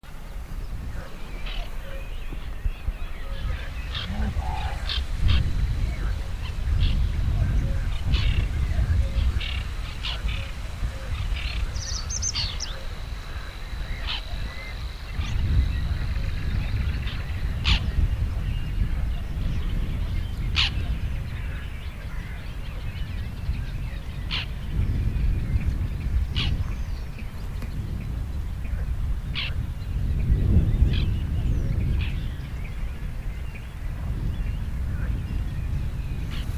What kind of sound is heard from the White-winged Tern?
call